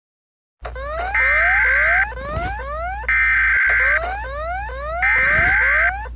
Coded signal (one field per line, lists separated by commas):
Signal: Emergency Alert System (SAME) tones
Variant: header bursts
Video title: Ecuador EAS Alarm